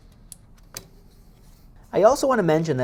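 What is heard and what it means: A second RAM memory stick, flipped to fit the slot on the other side of the socket, is lined up and pressed down with even pressure into a motherboard DIMM slot, the same way as the previous stick. Sharp latch clicks are heard at 0.3 s and 0.8 s as the module seats. Someone talks from about 1.9 s.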